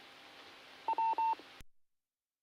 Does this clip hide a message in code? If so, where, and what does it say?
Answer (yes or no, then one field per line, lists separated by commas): no